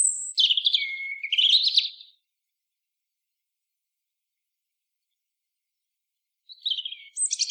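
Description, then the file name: European robin song: a rich, rapidly trilled phrase, a long silence, then a second jumbled phrase starting. "Erithacus rubecula"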